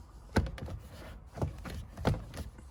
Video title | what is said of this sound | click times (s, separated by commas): 2015 Mercedes GLA 200d AMG Airbag Dashboard Replacement PT 6 | This should just click right in. | 0.4 s, 2.1 s